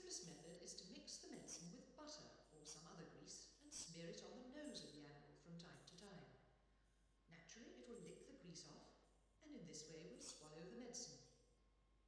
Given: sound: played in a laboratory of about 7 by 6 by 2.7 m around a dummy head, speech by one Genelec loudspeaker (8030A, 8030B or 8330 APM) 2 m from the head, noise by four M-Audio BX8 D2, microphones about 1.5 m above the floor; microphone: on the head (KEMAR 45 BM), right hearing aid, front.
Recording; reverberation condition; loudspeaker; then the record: female speech in English; high; 30 degrees to the right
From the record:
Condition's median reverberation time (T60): about 1300 ms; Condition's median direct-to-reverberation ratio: about -4.0 dB